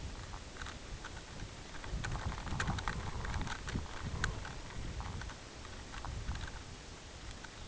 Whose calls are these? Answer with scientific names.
none